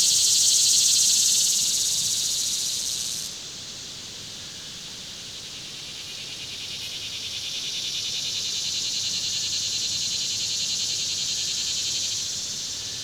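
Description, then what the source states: Insects in a high, rapidly pulsing chorus; a loud layer cuts off abruptly early on, then a softer buzzing swells back up. Swelling insect chorus in summer at Ferne Cliff.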